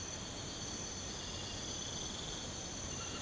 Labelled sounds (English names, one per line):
none